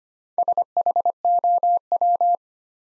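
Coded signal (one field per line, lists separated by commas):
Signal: Morse code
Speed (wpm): 25 wpm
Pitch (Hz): 700 Hz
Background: none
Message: SHOW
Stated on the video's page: Morse Code Ninja practice set at 25 wpm, building 3- to 5-letter words one letter at a time.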